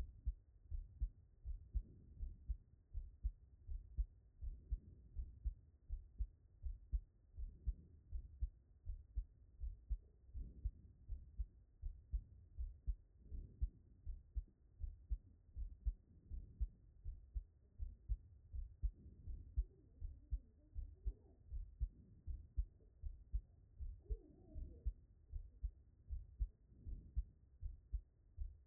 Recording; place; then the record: heart sounds by stethoscope; pulmonary valve (PV)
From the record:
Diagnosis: HFrEF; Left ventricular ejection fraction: 39%